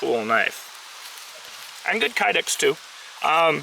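A fixed-blade knife is handled near its molded kydex plastic sheath while someone talks in short bursts, with a steady low hiss in the pauses. Nothing has seated or clicked yet; the knife has not gone home in the sheath.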